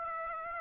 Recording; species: mosquito wingbeat signal from an infrared sensor; Aedes aegypti